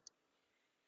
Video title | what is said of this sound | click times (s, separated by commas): Chevy Colorado Z71 With Axle Lockers! | Yeah, you should hear it click. So, that's good. | 0.1 s